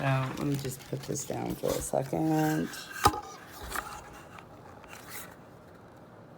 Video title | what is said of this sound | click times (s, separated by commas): Review Bell+Howell Socket Fan Light Original – Warm Light Ceiling Fans with Lights and Remote, Ceili | All right. And it's on. It didn't really snap into place on this one. | none